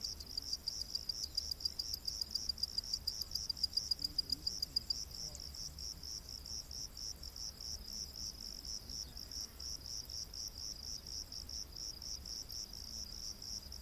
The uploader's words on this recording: Crickets of the Rainforest | Exotic Insect Orchestra. In the heart of the world's lush rainforests, where towering trees create a verdant canopy and the air is thick with humidity, a mesmerizing symphony unfolds every night.